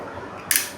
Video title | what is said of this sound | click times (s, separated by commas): *Unboxing* Ford Performance Tool Kit from Motley Industries | Locks into place. | 0.5 s